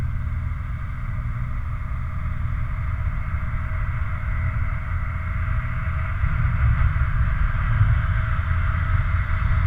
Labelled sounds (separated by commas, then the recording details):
truck, machinery
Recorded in the Prudhoe Bay oil fields, Alaska, on 20 July 2019 at 23:00
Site 29